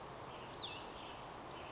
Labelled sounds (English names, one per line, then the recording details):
Cassin's Vireo
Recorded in Sonoma County, California